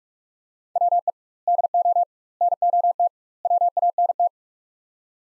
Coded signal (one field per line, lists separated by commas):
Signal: Morse code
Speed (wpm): 42 wpm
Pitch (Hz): 700 Hz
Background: none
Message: WE DO NOT WANT